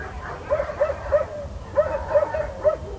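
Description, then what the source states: Dog barking, short arched barks in two quick bursts of three, over a low background rumble. Dogs in Almaty.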